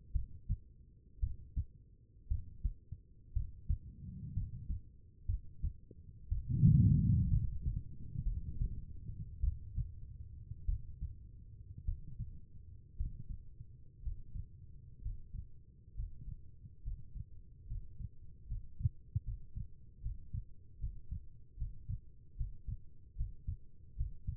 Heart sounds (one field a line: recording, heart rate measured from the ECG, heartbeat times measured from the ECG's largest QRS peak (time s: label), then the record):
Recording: heart sounds by stethoscope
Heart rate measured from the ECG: 63 bpm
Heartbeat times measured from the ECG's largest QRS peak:
0.12 s: heartbeat
1.20 s: heartbeat
2.28 s: heartbeat
3.33 s: heartbeat
4.33 s: heartbeat
5.26 s: heartbeat
6.29 s: heartbeat
7.28 s: heartbeat
8.23 s: heartbeat
9.40 s: heartbeat
10.65 s: heartbeat
11.84 s: heartbeat
12.96 s: heartbeat
14.01 s: heartbeat
15.00 s: heartbeat
15.94 s: heartbeat
16.82 s: heartbeat
17.66 s: heartbeat
18.46 s: heartbeat
19.23 s: heartbeat
20.01 s: heartbeat
20.78 s: heartbeat
21.56 s: heartbeat
22.35 s: heartbeat
23.15 s: heartbeat
23.95 s: heartbeat
From the record:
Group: healthy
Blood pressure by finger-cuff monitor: 99/68 mmHg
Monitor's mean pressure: 75 mmHg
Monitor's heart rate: 60 bpm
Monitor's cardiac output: 4.3 L/min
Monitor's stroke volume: 74 mL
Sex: female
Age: 36 years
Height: 163 cm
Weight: 88 kg